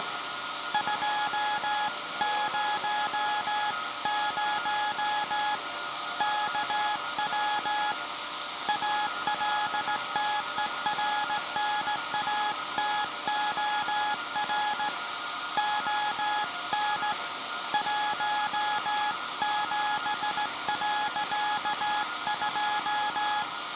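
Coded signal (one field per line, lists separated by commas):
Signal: Morse code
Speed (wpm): 16 wpm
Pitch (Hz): 840 Hz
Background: none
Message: 200 KW ALTERNATOR ON 17.2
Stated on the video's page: Anniversary Morse transmission from the pre-electronic Alexanderson alternator VLF transmitter SAQ at Grimeton, built 1924, sent live.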